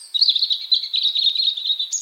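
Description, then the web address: European robin giving a rapid, high, fluttering trill that wavers steadily at one pitch for about two seconds, ending with a sharp rising note. "Deverinetal 2025 File origin Bird Only Er Ru"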